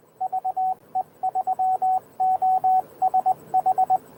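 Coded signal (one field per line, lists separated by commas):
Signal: Morse code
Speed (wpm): 20 wpm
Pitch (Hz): 750 Hz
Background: radio noise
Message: VE3OSH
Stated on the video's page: Morse ragchew.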